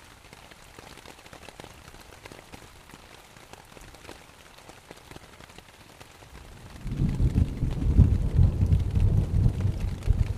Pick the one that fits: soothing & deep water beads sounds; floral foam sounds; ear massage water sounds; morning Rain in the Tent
morning Rain in the Tent